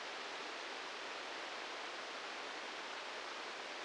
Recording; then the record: brain microelectrode recording played as sound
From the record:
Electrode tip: outside the subthalamic nucleus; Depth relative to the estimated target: -3 mm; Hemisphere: right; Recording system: NeuroSet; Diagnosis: Parkinson's disease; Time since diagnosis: 19 years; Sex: female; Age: 69 years